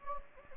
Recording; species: mosquito wingbeat signal from an infrared sensor; Anopheles gambiae